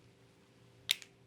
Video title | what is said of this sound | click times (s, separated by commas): Cómo usar los inhaladores de polvo seco (DPI) | y presiona suavemente hasta abajo hasta que escuches un clic. | 0.9 s, 1.0 s